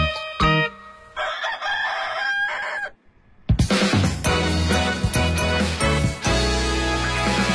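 A rooster crows in a long, strained call lasting a few seconds, then a brief pause gives way to loud, full-band music with heavy beats.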